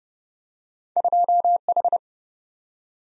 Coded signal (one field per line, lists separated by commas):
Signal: Morse code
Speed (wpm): 30 wpm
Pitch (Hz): 700 Hz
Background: none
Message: 2H